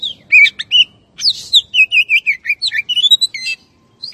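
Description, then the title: Oriental magpie-robin song of sweet whistled notes mixed with short rasping and tumbling phrases, delivered in a fast, continuous sequence. "Kacer"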